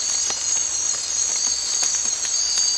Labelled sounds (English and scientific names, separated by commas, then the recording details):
none
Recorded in secondary vegetation near Puerto Asís, Putumayo, Colombia, on 8 March 2025 at 04:30
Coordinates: 0.499, -76.323
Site G094